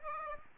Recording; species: mosquito wingbeat signal from an infrared sensor; Aedes aegypti